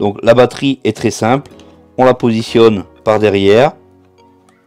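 Someone talks while a removable 5000 mAh battery is positioned at the back of a Reolink Argus Pro indoor/outdoor security camera, ready to be slid in. The battery has not yet clipped or seated in the camera body by the end.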